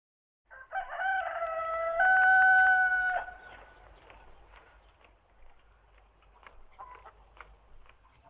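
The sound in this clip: Chicken: rooster crowing, a drawn-out harmonic cock-a-doodle-doo lasting about two and a half seconds, followed by soft scattered clucks and farmyard bird calls.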